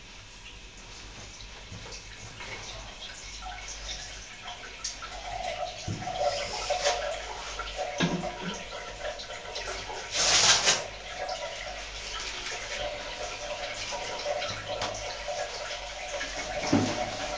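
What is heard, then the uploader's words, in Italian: A toilet flush runs as a steady hiss of rushing water that swells after the first few seconds. Gurgling bursts break through around 6 and 8 seconds, the loudest splash comes near 10 seconds, and another surge ends it, over a constant low hum. Effetto Doppler 33 lo sciacquone. Oggi apprezzeremo, gaudiosi noi, la fervida attività sonora di uno sciacquone.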